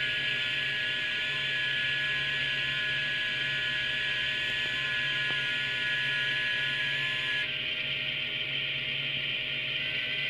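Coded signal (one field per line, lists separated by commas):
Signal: FT8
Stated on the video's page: FT8 contacts made on a transceiver on the 80m, 40m, 30m and 20m bands.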